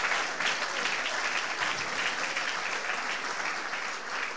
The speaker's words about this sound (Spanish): Vamos a darle un aplauso al Espíritu Santo en esta mañana.